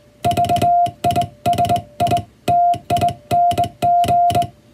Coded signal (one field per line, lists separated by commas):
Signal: Morse code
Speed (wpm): 21 wpm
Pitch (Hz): 700 Hz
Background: music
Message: VISITING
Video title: 【モールス信号を解読せよ！】暗号のようなトンとツーの信号を解読すると文章になります。こんな仕事がありました(receive practice for radiotelegraph operator )